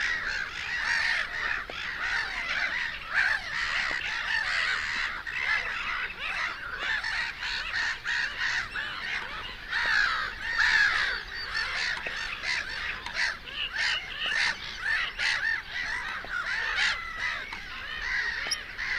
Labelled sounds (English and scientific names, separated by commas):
Black-headed Gull (Chroicocephalus ridibundus) call